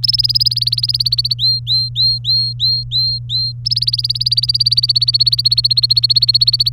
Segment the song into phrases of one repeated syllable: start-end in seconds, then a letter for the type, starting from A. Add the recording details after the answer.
0.03-1.34 A, 1.39-3.52 B, 3.65-6.69 A. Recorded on 24 April 2018 at 09:48. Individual llb3